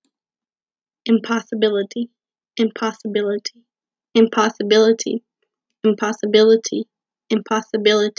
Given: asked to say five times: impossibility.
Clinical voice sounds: repeated word; female; 30 to 39 years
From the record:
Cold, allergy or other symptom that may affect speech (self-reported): no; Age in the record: 37 years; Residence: Georgia, United States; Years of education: 9

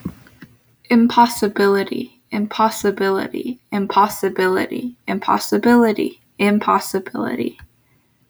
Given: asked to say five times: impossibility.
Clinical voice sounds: repeated word; female; 20 to 29 years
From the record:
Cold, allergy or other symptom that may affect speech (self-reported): no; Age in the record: 21 years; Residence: North Carolina, United States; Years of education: 15

